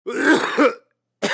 Human sound effects sick sound effects human element male cough gag.